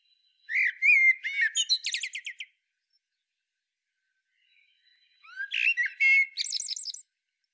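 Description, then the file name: Eurasian blackbird song: a warbled phrase sliding into fast buzzy chatter, silence, then another phrase with a rising fluty start and high trilled ending. "Turdus merula"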